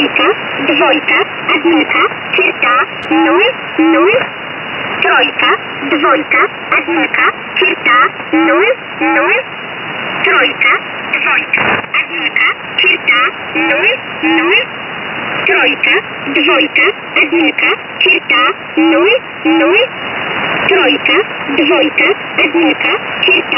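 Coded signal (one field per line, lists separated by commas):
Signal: numbers station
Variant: S11a Cherta, Russian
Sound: a voice reading short Russian words, repeating the same five-word group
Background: radio static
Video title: 28 05 2019 S11a Cherta Numbers station in Russian 0455 on 5844 unknown tx site in USB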